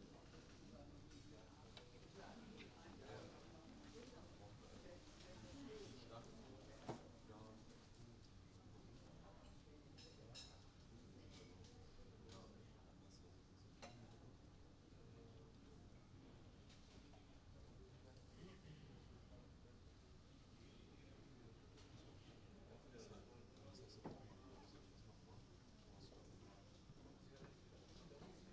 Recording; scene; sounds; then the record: everyday scene through a hearing-aid microphone; many people talking; many voices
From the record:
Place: university cafeteria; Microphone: in the ear canal, right